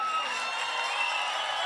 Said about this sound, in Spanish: Ese aplauso para ella, que se escuche.